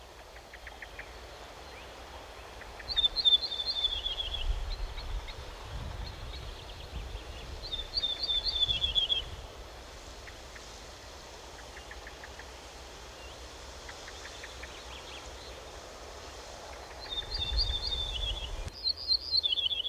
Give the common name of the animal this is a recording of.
Ortolan Bunting